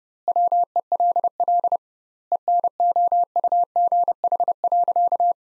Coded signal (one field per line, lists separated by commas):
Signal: Morse code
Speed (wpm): 32 wpm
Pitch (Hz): 700 Hz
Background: none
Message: WELL ENOUGH.